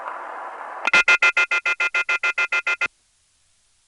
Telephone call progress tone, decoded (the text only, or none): off-hook warning tone